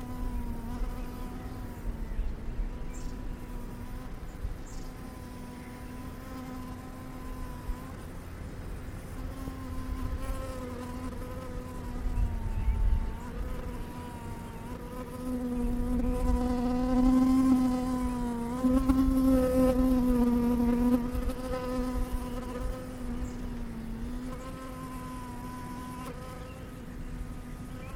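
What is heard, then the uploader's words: A dotted bee-fly hums steadily, its buzzing pitch wavering and swelling louder around the middle, over faint low rumble. Dotted bee-fly. These large furry flies look like bees (or perhaps hummingbirds) and hover around early spring flowers, inserting their long straight mouthparts to sip the nectar.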